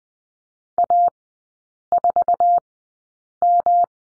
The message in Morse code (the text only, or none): A4M